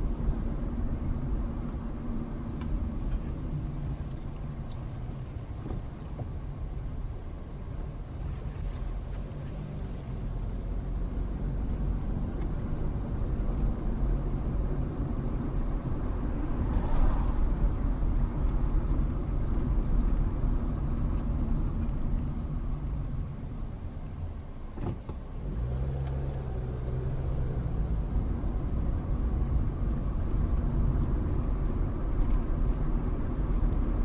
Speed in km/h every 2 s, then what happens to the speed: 23, 15, 8, 8, 11, 21, 27, 29, 27, 26, 19, 6, 11, 21, 26, 27, 31.
0-4 brakes to 8. 6-15 speeds up to 29. 15-22 slows to 6. 23-34 speeds up to 31.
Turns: 0-7.